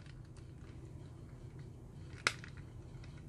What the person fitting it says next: I heard it click.